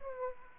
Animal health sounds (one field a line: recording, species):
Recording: mosquito wingbeat signal from an infrared sensor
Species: Aedes aegypti